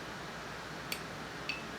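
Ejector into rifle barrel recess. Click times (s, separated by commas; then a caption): 0.9 s, 1.5 s. The metal ejector of an Ithaca Model 49S rifle is pushed forward into its recess in the barrel before the bolt goes in. Two sharp, bright clicks sound at 0.9 and 1.5 seconds over a steady low hiss. The ejector is locked forward and seated.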